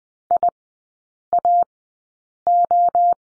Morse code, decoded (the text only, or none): IAO